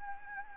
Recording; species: mosquito wingbeat signal from an infrared sensor; Anopheles gambiae